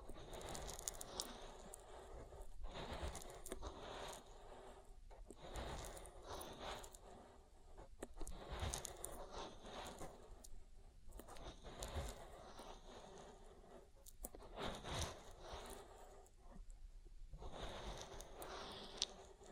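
Oily ear massage sounds: slick rubbing and squishing that runs without pause for the whole stretch. Quick crackly strokes and soft wet pops pile up densely, with slightly louder bursts near 8, 15 and 19 seconds, over a low, even hush.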